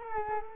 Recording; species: mosquito wingbeat signal from an infrared sensor; Culex quinquefasciatus